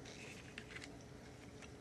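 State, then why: Not seated. Someone handles the plastic locking tabs on the shell of a Dye Rotor paintball loader, getting ready to press them down to lock. Soft rustling handling noise is heard, with brief sharp ticks at about 0.6 and 0.8 seconds. Nothing has seated or clicked into place yet.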